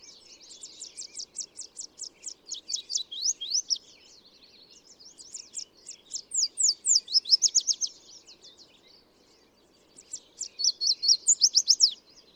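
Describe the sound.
Bird singing fast high-pitched trills in three bursts, each building in loudness with sweeping descending notes, separated by brief quieter gaps.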